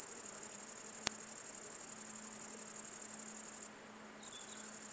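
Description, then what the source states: Great Green Bush-cricket song, a rapid, jerky, pulsing high buzz that stops briefly before resuming, with one sharp click near the start. Single individual about 1 m in front of the microphones in Virginia creeper on a south-facing wall; rapid, jerky rhythm after warming in the sun all afternoon; 20.4 °C; Fourcinet, Drôme, 700 m, 9 July 2018, late afternoon.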